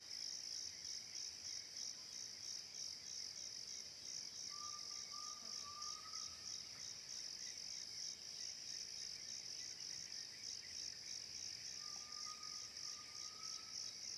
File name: Grilos cigarras inseto diferente na mata das andorinhas, passaro, animal diferente longe